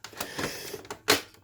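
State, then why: Seated. The plastic cyclone assembly is pushed back into an Iona Fantom Lightning (LC63K) upright vacuum body, with light plastic rattles and knocks before a sharp, loud plastic snap at 1.1 s. The assembly is confirmed seated.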